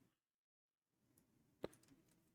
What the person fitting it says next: And that's just kind of snapped in place, so that's pretty cool.